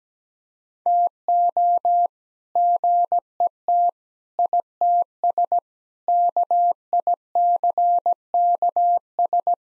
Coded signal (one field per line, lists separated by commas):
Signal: Morse code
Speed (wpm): 17 wpm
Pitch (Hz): 700 Hz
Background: none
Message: TO GET ITS KICKS